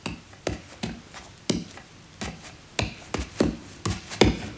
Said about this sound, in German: Klopft da Julius oder der Priester? Oder ist es meine Frau, die den Teig klopft?